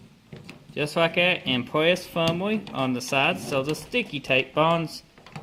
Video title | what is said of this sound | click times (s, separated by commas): Tailgate Bezel Chevy Silverado - How To | should snap in place just like that | 0.4 s, 0.5 s